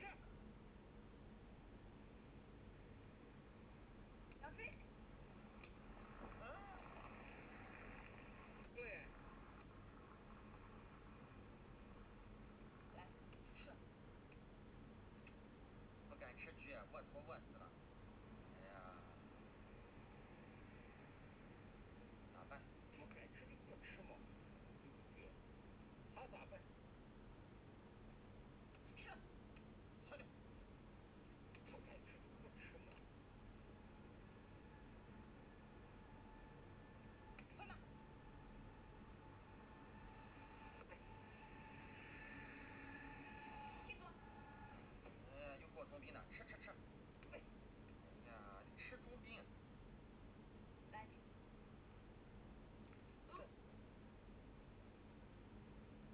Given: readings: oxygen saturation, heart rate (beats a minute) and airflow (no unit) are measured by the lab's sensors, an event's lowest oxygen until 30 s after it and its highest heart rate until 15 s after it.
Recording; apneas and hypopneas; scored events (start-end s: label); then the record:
a person awake in a sleep study, by a voice recorder at the bedside; none
0.00-56.14 s: awake
From the record:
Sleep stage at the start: awake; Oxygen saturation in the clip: 95 to 96%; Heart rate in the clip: 75 to 80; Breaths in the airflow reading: 15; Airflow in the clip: -4.1 to 5.2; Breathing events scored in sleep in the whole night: 131 in 7.2 hours asleep